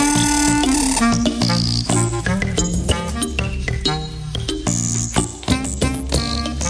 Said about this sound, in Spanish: Y yo, mira, ahí, aquí ya está la sintonía del programa. Mira, escucha. Es un grupo francés.